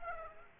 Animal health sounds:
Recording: mosquito wingbeat signal from an infrared sensor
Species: Aedes aegypti

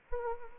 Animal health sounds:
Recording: mosquito wingbeat signal from an infrared sensor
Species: Anopheles arabiensis

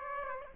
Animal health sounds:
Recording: mosquito wingbeat signal from an infrared sensor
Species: Aedes aegypti

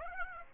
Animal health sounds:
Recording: mosquito wingbeat signal from an infrared sensor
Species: Aedes aegypti

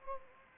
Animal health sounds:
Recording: mosquito wingbeat signal from an infrared sensor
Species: Anopheles gambiae

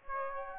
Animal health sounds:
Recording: mosquito wingbeat signal from an infrared sensor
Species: Aedes aegypti

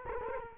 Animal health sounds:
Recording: mosquito wingbeat signal from an infrared sensor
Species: Culex quinquefasciatus

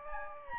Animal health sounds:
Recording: mosquito wingbeat signal from an infrared sensor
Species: Anopheles gambiae

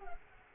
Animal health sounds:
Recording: mosquito wingbeat signal from an infrared sensor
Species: Culex quinquefasciatus

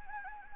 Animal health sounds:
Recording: mosquito wingbeat signal from an infrared sensor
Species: Anopheles gambiae

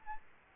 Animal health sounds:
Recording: mosquito wingbeat signal from an infrared sensor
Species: Aedes albopictus

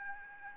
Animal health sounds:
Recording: mosquito wingbeat signal from an infrared sensor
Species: Aedes albopictus

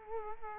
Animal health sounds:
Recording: mosquito wingbeat signal from an infrared sensor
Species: Culex quinquefasciatus

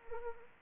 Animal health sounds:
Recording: mosquito wingbeat signal from an infrared sensor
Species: Anopheles arabiensis

